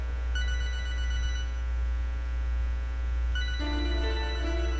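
A telephone in a radio studio rings twice, each bright, tonal electronic ring lasting about a second, separated by a pause, over a steady low hum with no talking.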